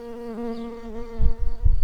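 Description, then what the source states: Early bumblebee buzzing, a steady low hum with many harmonics, dipping briefly in pitch, then joined by thumping, rustling knocks near the end. Workers.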